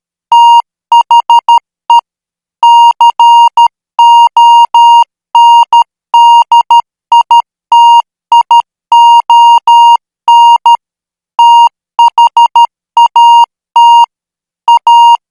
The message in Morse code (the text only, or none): THE CONDITION THAT A